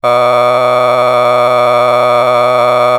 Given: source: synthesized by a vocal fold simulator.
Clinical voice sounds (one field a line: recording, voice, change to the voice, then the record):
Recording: sustained vowel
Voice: male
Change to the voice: a random mix of aspiration noise, stiffness perturbation and strain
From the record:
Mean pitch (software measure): 123 Hz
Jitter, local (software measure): 1.69%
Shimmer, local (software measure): 6.7%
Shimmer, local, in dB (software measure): 0.60 dB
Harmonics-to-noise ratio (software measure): 12.5 dB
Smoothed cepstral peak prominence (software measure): 17.9 dB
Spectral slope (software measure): -13.5 dB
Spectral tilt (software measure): -10.2 dB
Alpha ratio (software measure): -4.0 dB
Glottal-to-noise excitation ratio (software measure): 0.984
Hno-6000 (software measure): 2.0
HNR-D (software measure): 24.6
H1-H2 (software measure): 1.1 dB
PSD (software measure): 1.6e-04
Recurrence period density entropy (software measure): 0.117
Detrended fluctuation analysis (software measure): 0.0299